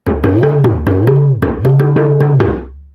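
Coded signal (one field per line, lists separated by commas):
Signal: talking drum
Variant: Akan (Asante)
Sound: resonant drum strokes whose low pitch bends up and down, about 11 strokes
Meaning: Calls the bell player to come and play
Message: Adawia ... Mah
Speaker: I said, which is it means a bell player. Mah means come to me, let's play.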